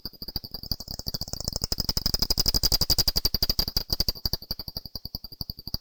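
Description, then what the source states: Brown long-eared bat calls heard as a rapid train of dry clicks, swelling in the middle, over a steady high whine. Valley Gardens, Harrogate; part of a sound map of Harrogate.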